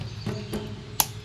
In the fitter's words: Clicks right in. There we go.